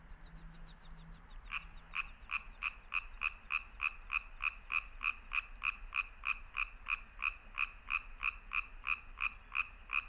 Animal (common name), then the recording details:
Common Tree Frog. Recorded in the wild. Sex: male. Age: adult. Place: Kützerhof, Kummerower See, Mecklenburg-Vorpommern, DE. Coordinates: 53.85, 12.8586. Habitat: wetland. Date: 2009-05-04 23:28. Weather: heiter, fast windstill, 6°C. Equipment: Sound Devices 702, Sennheiser MKH 70, Rycote Windschutz. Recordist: Frommolt, Karl-Heinz